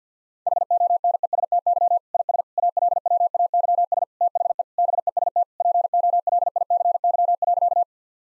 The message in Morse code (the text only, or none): HONESTY IS ALWAYS THE BEST POLICY.